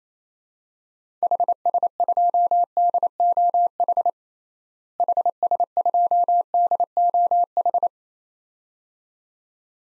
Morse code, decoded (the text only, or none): HS2DOH HS2DOH